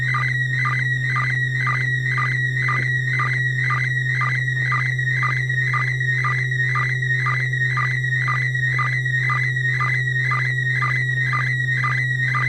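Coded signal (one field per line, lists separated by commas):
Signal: SSTV (slow-scan television)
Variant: PD120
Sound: warbling high tone with a steady rhythmic tick about twice per second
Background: low steady hum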